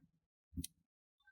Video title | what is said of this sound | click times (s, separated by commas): How to Repair Hinges on Toshiba L40d Asp4269 Laptop - Step-by-Step Guide⚒️ | press the bottom side, so you hit that tiny clicks. That's what you want to hear. There we go. | 0.6 s